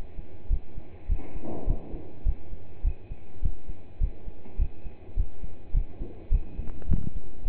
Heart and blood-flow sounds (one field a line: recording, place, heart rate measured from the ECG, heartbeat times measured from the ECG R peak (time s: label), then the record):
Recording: heart sounds by stethoscope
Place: between the tricuspid and mitral areas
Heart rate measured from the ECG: 104 bpm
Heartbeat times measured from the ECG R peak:
0.50 s: heartbeat
1.08 s: heartbeat
1.67 s: heartbeat
2.25 s: heartbeat
2.84 s: heartbeat
3.42 s: heartbeat
4.00 s: heartbeat
4.58 s: heartbeat
5.16 s: heartbeat
5.73 s: heartbeat
6.31 s: heartbeat
6.88 s: heartbeat
7.45 s: heartbeat
From the record:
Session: pedaling a stationary bicycle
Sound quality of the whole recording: partially saturated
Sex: male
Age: 27 years